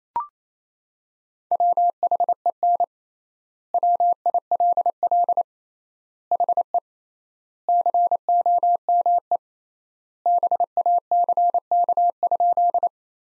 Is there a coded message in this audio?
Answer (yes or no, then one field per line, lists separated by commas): yes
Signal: Morse code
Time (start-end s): 1.5-12.9 s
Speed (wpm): 27 wpm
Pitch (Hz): 700 Hz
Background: none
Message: WHEN WILL HE COME BACK?